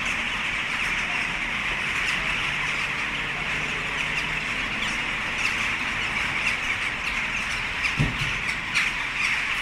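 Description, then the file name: Western jackdaws calling as a dense flock, a continuous overlapping chorus of sharp chacking calls with no pauses, and a low thump near the end. Several jackdaws recorded in Linköping, Sweden, dated 06-12-06. "06-12-06-Linkoping Jackdaws"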